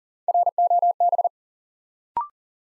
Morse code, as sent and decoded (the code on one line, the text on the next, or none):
.-. --- -...
ROB